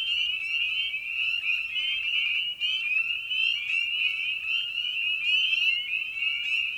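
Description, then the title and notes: Spring peeper chorus with many high, sliding-up peeps blending into a shrill continuous sheet of sound, brief dip midway. Evening at a frog pond; tiny amphibian known for its distinctive song. "Episode 5: Night of the Peepers. we return to the frog pond for a meditative evening. Species in Focus: Spring Peeper (Pseudacris crucifer). Ian Carlsen"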